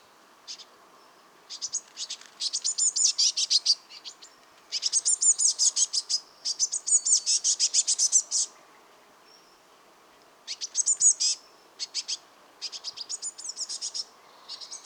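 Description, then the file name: Eurasian blue tit giving dense, rasping bursts of rapid high notes, separated by brief silences. "Cyanistes caeruleus"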